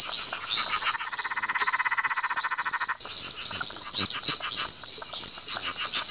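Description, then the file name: Tyler's tree frog calling with a rapid train of pulsed notes lasting about two and a half seconds, then scattered clicks, over a steady high hiss. "litoria tyleri"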